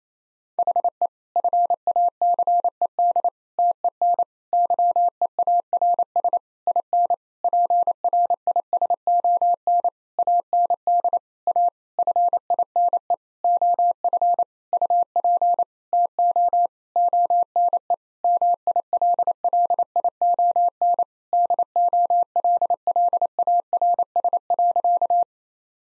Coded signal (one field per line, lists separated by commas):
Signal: Morse code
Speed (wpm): 28 wpm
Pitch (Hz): 700 Hz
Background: none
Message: HE FACED TEN YEARS IN PRISON AND A FINE OF UP TO ONE MILLION DOLLARS.